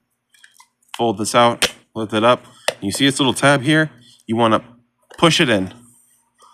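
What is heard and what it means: A plastic part of a Transformers Age of the Primes Commander Silverbolt transforming action figure is folded out and lifted, and a small locking tab is pushed in so the part will lock into place and not move. A few faint, brief plastic handling taps come early, around 0.3 to 0.8 seconds, while someone talks over most of the clip. Nothing has seated or clicked yet.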